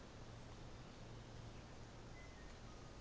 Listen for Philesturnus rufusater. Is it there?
no